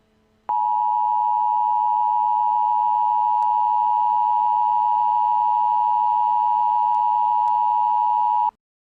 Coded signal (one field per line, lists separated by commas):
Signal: Emergency Alert System (SAME) tones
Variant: 853 and 960 Hz attention tone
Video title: EAS Scenario: New Years DOOM